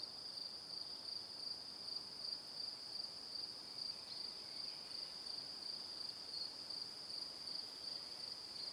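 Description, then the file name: High cricket chirps in a constant chorus of short pulses from start to finish. Evening. "Calm - Evening Crickets"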